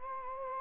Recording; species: mosquito wingbeat signal from an infrared sensor; Anopheles gambiae